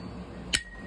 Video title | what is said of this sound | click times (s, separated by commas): HONDA SHINE 125 FULL ENGINE ASSEMBLY IN MALAYALAM | okay lock ആയി ദാ ഇപ്പൊ ഗിയർ വീൽസ് സെറ്റ് ആയി കഴിഞ്ഞു | 0.6 s